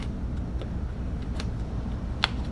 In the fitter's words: and you could hear it pop in you